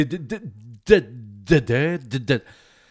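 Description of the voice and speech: A man repeats a stuck "de" syllable with short pauses, imitating a stuttering block from his childhood, the syllable trapped in his throat while nothing else will come out.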